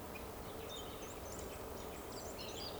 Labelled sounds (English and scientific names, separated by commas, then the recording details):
Eurasian Woodcock (Scolopax rusticola) whistle
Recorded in Baden-Württemberg, Germany, on 11 June 2020 at 20:17 UTC
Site 14569, 102 m above sea level